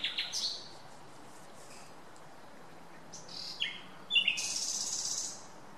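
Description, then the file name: Common nightingale song: scattered short phrases with sweeping notes, then a harsh, buzzy, sustained rattle near the end. "Luscinia megarhynchos"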